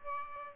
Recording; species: mosquito wingbeat signal from an infrared sensor; Aedes albopictus